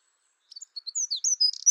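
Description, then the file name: Eurasian wren giving a fast burst of high, thin chirps and twittering notes, rising in loudness and pace over about a second. "Troglodytes troglodytes"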